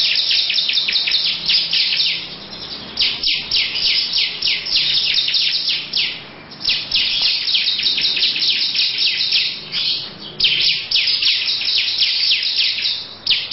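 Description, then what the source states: Lovebird chattering song: a fast stream of harsh, scratchy chirps running almost unbroken, with a few brief dips in the flow. Long "ngekek panjang" lovebird song style; title also mentions ciblek.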